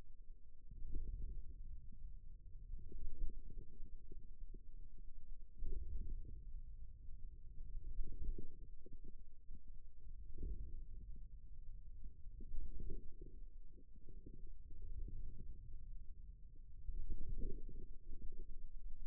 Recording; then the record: forearm muscle sounds (acoustic myography)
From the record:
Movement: wrist extension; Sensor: system 2, bracelet of six BSWA MPA416 microphones around the upper forearm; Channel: 4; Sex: male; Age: 22 years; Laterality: right